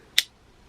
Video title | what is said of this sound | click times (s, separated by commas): Flatbed Trucking gear list | Hear it snap in? | 0.2 s